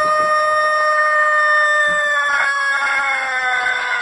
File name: galo chato